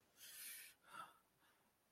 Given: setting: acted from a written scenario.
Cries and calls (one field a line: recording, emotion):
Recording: vocal sound without words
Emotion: distress